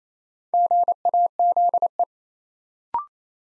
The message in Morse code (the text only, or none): GAZE